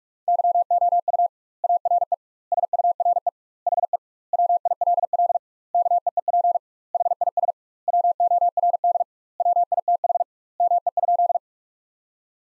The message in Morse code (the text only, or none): YOU ARE SURE HE WILL KEEP HIS WORD WITH ME?